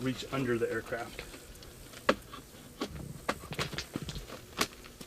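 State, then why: Seated. Someone talks while pushing the V-tail sections of a Censys Tech Sentaero v2VTOL drone onto its airframe, with sharp clicks at 2.1 s and 4.6 s as they lock into place. Several softer knocks and handling sounds follow as the sections are tugged to check they are fully seated, and they are confirmed seated.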